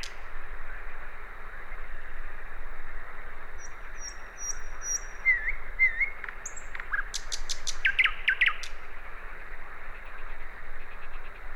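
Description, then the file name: Common nightingale song: faint high thin whistles, slurred notes, then a burst of sharp repeated notes, over steady background hiss. "Luscinia megarhynchos"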